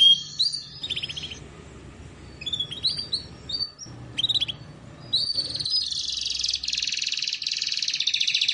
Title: Canto Para Esquentar Canário Belga. Terapi Pancingan Suara Kenari Gacor || Masteran Kenari Paud Belajar Bunyi